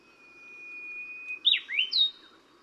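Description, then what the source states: Brownish-flanked bush warbler singing one long, even whistle that swells gently, ending in a sudden burst of rapid, slurred, rising and falling notes. Recorded at Yushan.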